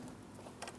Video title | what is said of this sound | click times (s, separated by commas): How to Replace Thermostat with Housing Assembly 2003-2007 Cadillac CTS 3.6L V6 | Press it in, listen for a click from that, make sure it's secure. | 0.6 s